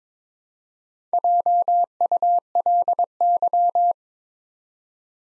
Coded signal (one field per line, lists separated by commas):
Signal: Morse code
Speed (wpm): 23 wpm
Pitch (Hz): 700 Hz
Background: none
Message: JULY